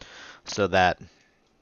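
A plastic panel on a Transformers Studio Series 86 Deluxe Class Scavenger transforming action figure is being folded in so its tab meets the matching tab hole, while someone talks briefly over faint background noise. The clip ends before the part goes home; the tab has not yet seated or clicked.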